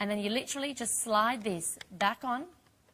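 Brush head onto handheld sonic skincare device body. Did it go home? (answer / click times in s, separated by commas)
no / none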